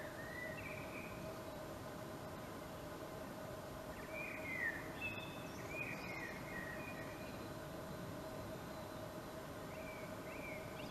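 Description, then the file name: Common blackbird giving a few faint warbled phrases spread throughout, set against steady background hiss and a constant hum. "Turdus merula"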